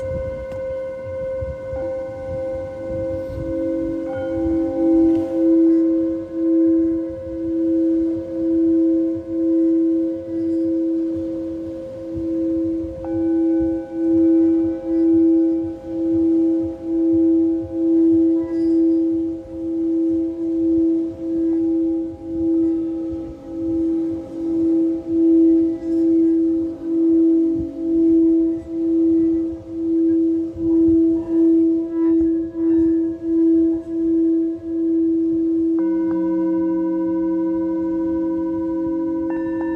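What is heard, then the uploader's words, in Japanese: A singing bowl rings steadily for the whole clip, its pure low-middle tone swelling and fading in a slow, regular pulse as it is rubbed or struck. Higher ringing overtones shimmer above it, shifting slightly around the halfway point and again near the end. メキシコから シンギングボウルのサウンドヒーリング。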